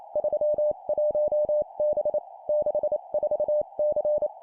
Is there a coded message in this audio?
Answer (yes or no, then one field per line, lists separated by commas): yes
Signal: Morse code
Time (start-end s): 0.2-4.3 s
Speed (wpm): 28 wpm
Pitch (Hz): 600 Hz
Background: none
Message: 31B 64C